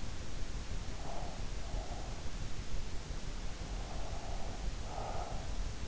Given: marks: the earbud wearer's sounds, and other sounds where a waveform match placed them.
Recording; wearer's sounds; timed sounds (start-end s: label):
sounds in sleep by an in-ear microphone; breath
0.55-2.60 s: breath
3.41-5.67 s: breath